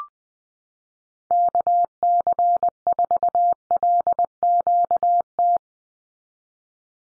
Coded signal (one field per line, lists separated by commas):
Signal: Morse code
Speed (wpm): 20 wpm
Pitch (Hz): 700 Hz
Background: none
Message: KC4LQT